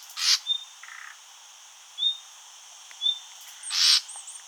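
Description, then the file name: Common nightingale giving a loud rasp, then brief soft whistles and a low buzzy note, ending in another rasp. "Luscinia megarhynchos"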